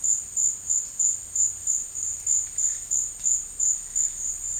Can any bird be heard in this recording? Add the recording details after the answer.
no. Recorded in dense forest near Puerto Asís, Putumayo, Colombia, on 13 March 2025 at 14:00. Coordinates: 0.484, -76.317. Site G064